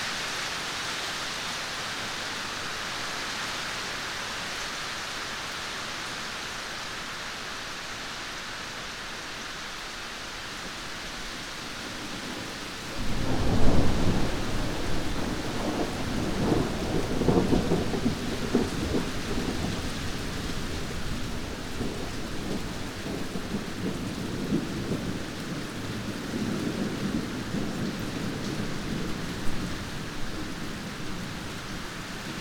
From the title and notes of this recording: Rain sounds from Zapsplat . Cleansing, purifying rain as a soundscape. And a little added thunder.